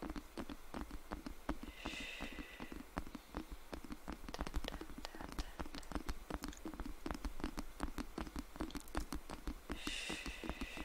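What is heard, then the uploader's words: Scratching and tapping fill the whole stretch, a dense, irregular run of dry clicks and scrapes that never lets up. Twice, near two seconds and again near ten, a brief bright squeak or rasp rises above the clatter. ASMR Scratching & Tapping!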